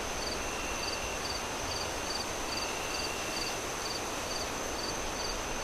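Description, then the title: Crickets give regular pulsed chirps alongside a steady high-pitched tone and a lower trill that comes and goes, set against heavy wind noise. Crickets on a windy night, wind howling through trees. "Relaxing Crickets Sounds On A Windy Night"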